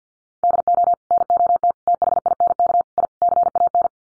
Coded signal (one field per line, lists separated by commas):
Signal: Morse code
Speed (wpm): 50 wpm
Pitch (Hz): 700 Hz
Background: none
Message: DO NOT THINK I CAN